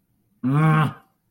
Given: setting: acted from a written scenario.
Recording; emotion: vocal sound without words; anger